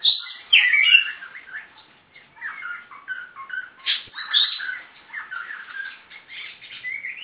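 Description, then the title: Oriental Magpie-robin song: a rich, varied run of whistled and chattering phrases, loudest near the start. "Kacer"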